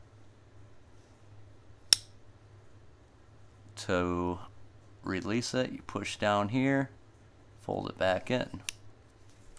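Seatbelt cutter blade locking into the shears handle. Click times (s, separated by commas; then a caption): 1.9 s. The seatbelt cutter blade on a pair of Leatherman Raptor folding shears is swung back out until its liner-style lock engages into the handle. A single sharp click sounds at 1.9 s as the blade locks open, and then someone talks.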